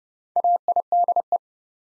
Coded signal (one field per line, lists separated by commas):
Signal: Morse code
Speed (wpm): 28 wpm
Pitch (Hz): 700 Hz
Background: none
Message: AIDE